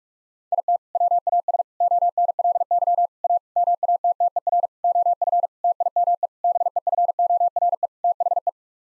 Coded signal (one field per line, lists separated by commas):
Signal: Morse code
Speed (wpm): 41 wpm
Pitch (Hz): 700 Hz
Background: none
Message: IT WAS ONLY A MATTER OF TIME BEFORE THE